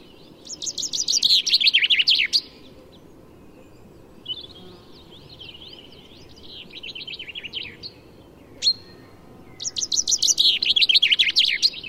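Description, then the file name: Common chaffinch songs: a loud rattling descending phrase opens and closes, with a fainter, thinner song between and a single sharp click near the end. "Fringilla coelebs"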